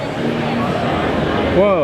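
A folding steel ramp on a trailer ramp gate is popped down and pulled out of its frame while someone talks over steady background noise. Nothing has seated or clicked yet; the ramp latch has not locked into place by the end of the clip.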